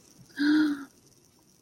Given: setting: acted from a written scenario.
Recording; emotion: vocal sound without words; romantic love